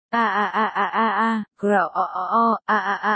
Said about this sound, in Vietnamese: Hắn kêu la. Hắn gào thét, có lúc giống người, có khi lại giống thú. Những âm thanh phát ra từ miệng hắn, chúng cứ liên tục chuyển đổi, trộn lẫn như thế.